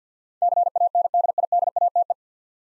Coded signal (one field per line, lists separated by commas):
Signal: Morse code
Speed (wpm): 50 wpm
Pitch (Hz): 700 Hz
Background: none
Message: CANDIDATE